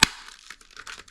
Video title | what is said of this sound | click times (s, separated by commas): How to Install GE 5000 BTU Window Air Conditioner - Real-Time AC Install | And we should be able to just squeeze it and it'll snap right in. | 0.0 s